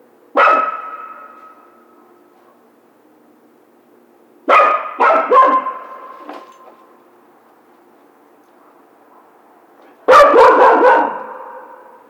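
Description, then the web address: Coyote barks: three harsh bursts (a single bark, then a quick cluster of barks, then another rough barking burst), separated by long quiet gaps. Recorded 16 March 2010. "Coyote 2010 03 16 howl"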